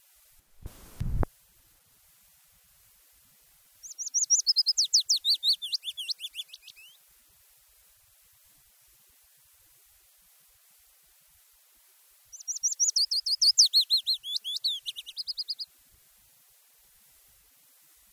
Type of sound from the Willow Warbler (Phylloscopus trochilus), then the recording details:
song. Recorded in the wild. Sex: male. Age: adult. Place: Erlangen, Bayern, DE. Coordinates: 49.6103, 10.9897. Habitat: heath. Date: 1967-05-10. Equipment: Vollspur, Original. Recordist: Tretzel, Erwin